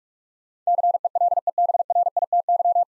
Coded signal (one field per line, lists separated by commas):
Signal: Morse code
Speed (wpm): 46 wpm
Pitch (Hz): 700 Hz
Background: none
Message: CELEBRITY